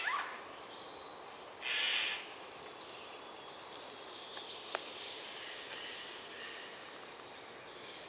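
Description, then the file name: Eurasian jay giving a single short, rough screech amid steady hiss, with a sharp click and faint scattered sounds afterwards. "Garrulus glandarius"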